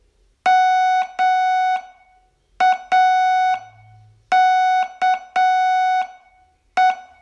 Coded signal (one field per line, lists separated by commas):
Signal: Morse code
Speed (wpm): 7 wpm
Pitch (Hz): 740 Hz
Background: none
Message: MAKE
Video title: Learn Morse in 42 Days from VU2LAU - day20 Test